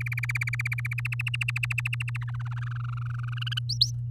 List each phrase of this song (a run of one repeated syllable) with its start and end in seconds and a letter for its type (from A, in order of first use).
0.00-0.94 A, 0.98-2.24 B, 2.28-3.39 C, 3.41-3.59 D, 3.69-3.91 E